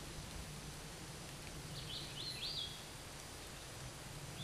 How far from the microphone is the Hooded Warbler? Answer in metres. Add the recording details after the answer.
about 25 m. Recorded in a Pennsylvania forest on 17 May 2023 at 13:42. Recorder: AudioMoth, point grid1_34_low. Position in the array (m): 226 m, 135 m